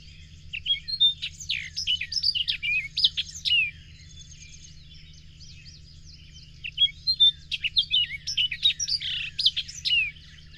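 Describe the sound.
Bird song of high, varied chirps and whistles in two long busy bouts with a short lull between, with a steady low hum throughout.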